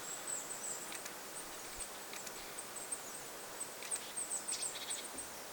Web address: paivat 25 8 2026 pikkulintuparvi jossa on hippiaisia